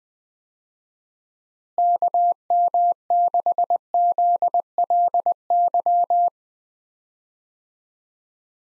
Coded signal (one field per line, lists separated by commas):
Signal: Morse code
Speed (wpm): 20 wpm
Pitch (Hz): 700 Hz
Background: none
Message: KM6ZLY